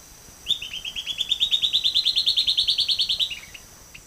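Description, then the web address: Silvered antbird song: a fast, even series of many sharp notes, rising slightly in pitch and loudness, then ending with a few quick falling notes. Female call and male song; eastern lowlands of South America. "Natures Songs S America Eastern Lowlands. Sclateria naevia, call female and song male"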